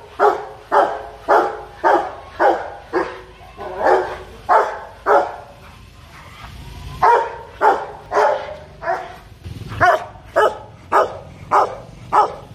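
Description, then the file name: Rapid, rough dog barks repeated almost twice a second, slowing for a moment midway before a fresh burst of regular barking. Dog barking fiercely. "Tieng cho sua hung du"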